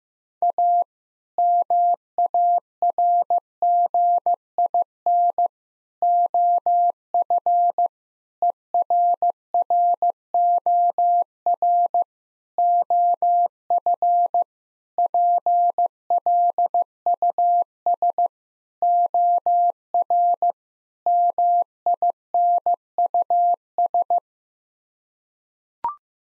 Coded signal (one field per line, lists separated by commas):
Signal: Morse code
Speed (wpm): 15 wpm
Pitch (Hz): 700 Hz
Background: none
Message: A MARGIN OF ERROR OF PLUS OR MINUS